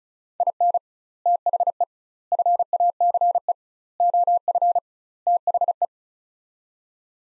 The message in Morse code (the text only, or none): IN THE FACE OF THE